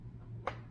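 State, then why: Torque reached. A torque-limiting screwdriver is turned while fastening small screws on a two-stroke Yamaha G1 golf cart engine, with a steady low hum underneath. Its clutch gives one short, sharp click at 0.5 s, confirming it has reached its torque setting.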